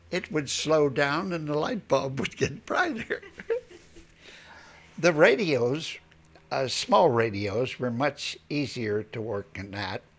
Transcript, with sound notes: it would slow down and the light bulb would get brighter. ( they laugh ) The radios, small radios, were much easier to work in that,